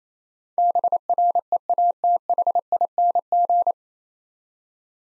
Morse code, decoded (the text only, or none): BREATHING